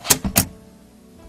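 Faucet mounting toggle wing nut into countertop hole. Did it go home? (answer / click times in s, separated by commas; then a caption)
yes / 0.1 s, 0.4 s. The spring toggle wing nut on the faucet shank of a Watts Undersink QT reverse osmosis system is dropped down through the countertop hole and pushed until it springs open below the counter. Two sharp hits ring out at 0.1 s and 0.4 s, followed by quiet. The toggle wing nut opens up underneath, and the faucet is seated in the countertop hole.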